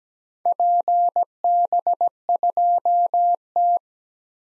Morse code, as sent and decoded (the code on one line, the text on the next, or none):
.--. -... ..--- -
PB2T